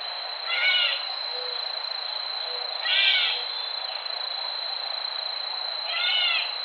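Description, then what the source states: Gray catbird mewing: three nasal, cat-like calls, each brief, spaced about two to three seconds apart, with a faint constant high tone behind. Recorded January 4, 2007.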